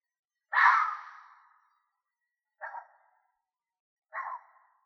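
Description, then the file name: Red fox calls: one long, hoarse, scream-like bark that fades over about a second, then two short harsh barks roughly one and a half seconds apart. Silence between calls. "kettu"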